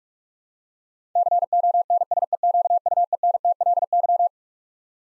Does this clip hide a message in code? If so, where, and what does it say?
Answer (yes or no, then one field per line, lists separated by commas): yes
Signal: Morse code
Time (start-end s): 1.2-4.3 s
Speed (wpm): 46 wpm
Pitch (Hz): 700 Hz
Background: none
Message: CONSEQUENTLY